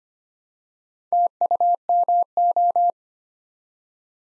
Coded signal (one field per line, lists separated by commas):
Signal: Morse code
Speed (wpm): 25 wpm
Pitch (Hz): 700 Hz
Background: none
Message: TUMO